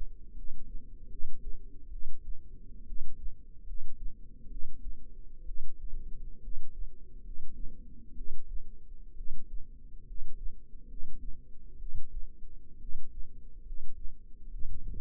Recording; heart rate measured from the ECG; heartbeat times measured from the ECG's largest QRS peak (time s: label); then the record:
heart sounds by microphone in the left ear; 68 bpm
0.32 s: heartbeat
1.07 s: heartbeat
1.88 s: heartbeat
2.84 s: heartbeat
3.63 s: heartbeat
4.47 s: heartbeat
5.43 s: heartbeat
6.39 s: heartbeat
7.21 s: heartbeat
8.13 s: heartbeat
9.13 s: heartbeat
10.03 s: heartbeat
10.85 s: heartbeat
11.76 s: heartbeat
12.77 s: heartbeat
13.62 s: heartbeat
14.47 s: heartbeat
From the record:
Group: healthy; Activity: rest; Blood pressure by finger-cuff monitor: 108/64 mmHg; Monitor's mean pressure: 74 mmHg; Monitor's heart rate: 70 bpm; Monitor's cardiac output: 7.4 L/min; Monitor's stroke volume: 111 mL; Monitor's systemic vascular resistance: 710 dyn s/cm5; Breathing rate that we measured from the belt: 18 breaths a minute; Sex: male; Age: 22 years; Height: 185 cm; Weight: 112.4 kg